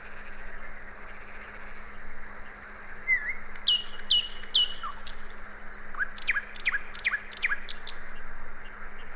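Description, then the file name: Common nightingale with thin high whistles, a few spaced loud notes, then a quick series of repeated chirps, accompanied by faint steady hum. "Luscinia megarhynchos"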